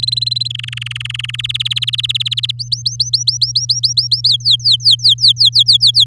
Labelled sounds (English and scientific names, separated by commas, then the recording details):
Domestic Canary (Serinus canaria) song
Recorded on 8 May 2018 at 13:02
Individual llb16